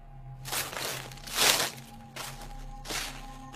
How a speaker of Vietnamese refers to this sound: bước chân của ông như lún xuống trên nền đất mềm. Gió mang theo mùi ngai ngái của bùn của cánh đồng sau cơn mưa. Mọi thứ tịch mịch. Ông bỗng nhiên loáng thoáng nghe bên tai có tiếng bước chân.